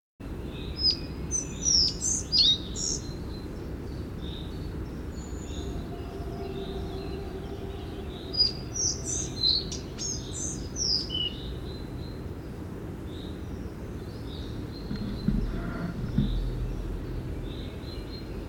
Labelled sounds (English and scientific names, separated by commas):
Collared Flycatcher (Ficedula albicollis) song